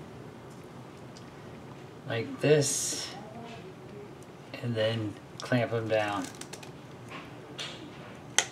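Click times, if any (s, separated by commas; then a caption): 8.4 s. Someone talks while setting lock nuts into a drone frame and clamping them down, with a couple of faint ticks along the way. A lock nut snaps into place in the frame with a sharp click at 8.4 seconds.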